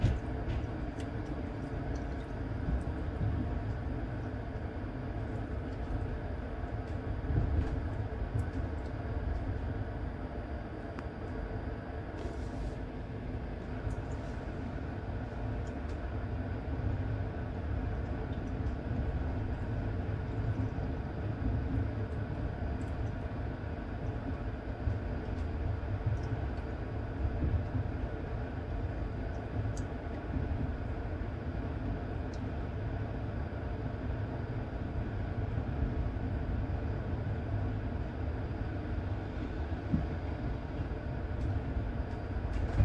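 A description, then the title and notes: A train runs steadily the whole way through, a dense, low rumble with a constant hum and rattle that never lets up. The sound is even in loudness, with a brief scraping burst around twelve seconds and faint metallic ticks scattered throughout. Cinematic Train Journey. Powerful Locomotive Sounds.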